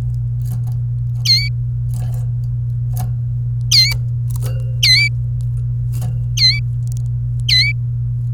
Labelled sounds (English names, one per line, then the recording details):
Domestic Canary song
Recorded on 27 April 2018 at 17:26
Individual llb3